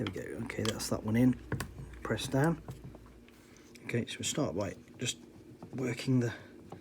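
A rubber oil pickup pipe is worked by hand into its hole in the crankcase oil tank chamber of a Stihl MS171/MS181 chainsaw while someone talks, with faint rubbing and small tapping sounds between the words. The clip ends with the pipe still being pressed in; nothing has seated or popped into place yet.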